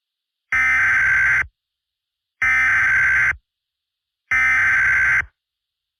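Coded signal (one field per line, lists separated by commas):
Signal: Emergency Alert System (SAME) tones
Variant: header bursts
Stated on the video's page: Fictional EAS scenario generated with EAS Simulator Pro software.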